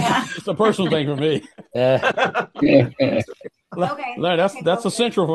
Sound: laughs

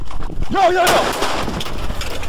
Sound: gunfire

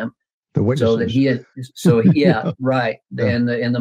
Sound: laughs

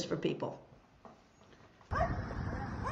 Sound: dogs barking

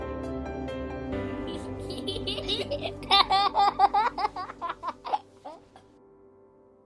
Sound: laughs

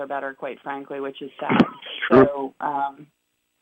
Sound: coughs

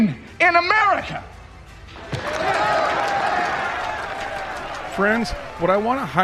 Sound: applauding and cheering

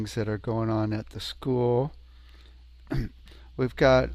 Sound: clears throat

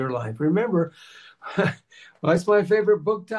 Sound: laughs

